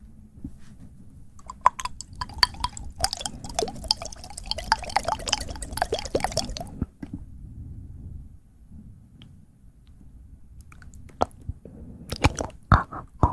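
Fast mouth sounds: wet clicks, smacks and crunchy chewing-like snaps come in dense, rapid bursts for the first seven seconds. A quieter stretch follows with a low rumble and only scattered clicks, then sharp clicks pick up again in the last two seconds.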